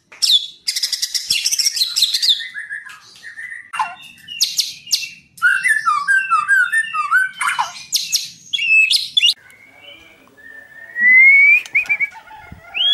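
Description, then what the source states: White-rumped shama song mixing harsh chatter, quick chirps and whistled slurs, ending with a long clear rising whistle and softer notes. Masteran (training recording) for caged birds, titled Murai Batu Labaik.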